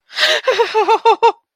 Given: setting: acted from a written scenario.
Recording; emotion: vocal sound without words; fear